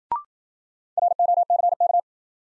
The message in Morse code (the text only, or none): ROCK